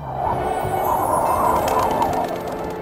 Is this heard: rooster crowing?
yes